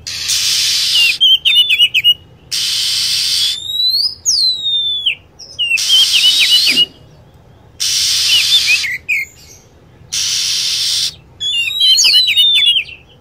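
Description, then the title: Lovebird shrill, downward-sliding chirps in short flurries, alternating with loud hissing bursts. Lure sound played to attract lovebirds. "PIKAT BURUNG LOVEBIRD"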